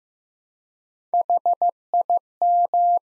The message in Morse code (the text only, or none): HIM